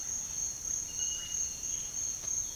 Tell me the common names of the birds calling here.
none